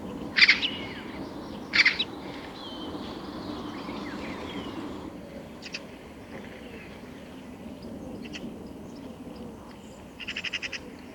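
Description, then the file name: Eurasian magpie giving two loud, harsh calls near the start, followed by fainter background sounds. "Pica pica"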